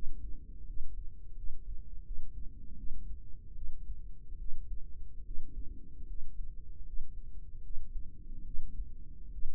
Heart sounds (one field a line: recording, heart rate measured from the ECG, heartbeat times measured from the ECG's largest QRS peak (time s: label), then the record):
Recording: heart sounds by microphone in the right ear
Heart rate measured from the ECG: 76 bpm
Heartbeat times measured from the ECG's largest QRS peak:
0.65 s: heartbeat
1.34 s: heartbeat
2.03 s: heartbeat
2.75 s: heartbeat
3.53 s: heartbeat
4.37 s: heartbeat
5.23 s: heartbeat
6.05 s: heartbeat
6.83 s: heartbeat
7.61 s: heartbeat
8.43 s: heartbeat
9.29 s: heartbeat
From the record:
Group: healthy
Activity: rest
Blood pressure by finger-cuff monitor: 113/56 mmHg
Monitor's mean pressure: 71 mmHg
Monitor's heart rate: 77 bpm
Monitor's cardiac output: 6.4 L/min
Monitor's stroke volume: 82 mL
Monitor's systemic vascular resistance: 820 dyn s/cm5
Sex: female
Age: 32 years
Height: 168 cm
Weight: 61.9 kg